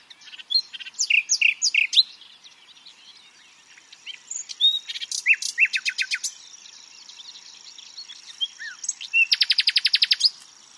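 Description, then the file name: Common nightingale delivering varied phrases: jumbled chips, then a rapid repeated series, pauses with soft notes, and a final quick rattle of even notes; faint continuous high hiss. "Luscinia megarhynchos"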